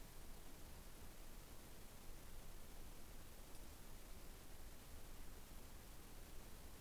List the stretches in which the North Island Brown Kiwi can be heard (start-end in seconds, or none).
none